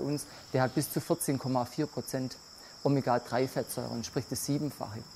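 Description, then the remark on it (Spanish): Crickets at an insect farm, where millions of insects such as mealworms, crickets and grasshoppers are bred, chirp as a steady, unbroken high-pitched trill running underneath a person speaking continuously. “Aquí se crían literalmente millones de insectos, gusanos de la harina, grillos, saltamontes, cada uno con necesidades muy particulares, como por ejemplo temperaturas constantes de hasta 40 grados.”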